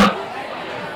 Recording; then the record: coughing mixed with background sound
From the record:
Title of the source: Barking cough - # 10